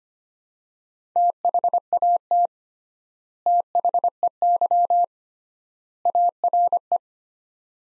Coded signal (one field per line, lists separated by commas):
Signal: Morse code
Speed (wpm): 25 wpm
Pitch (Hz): 700 Hz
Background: none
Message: THAT THEY ARE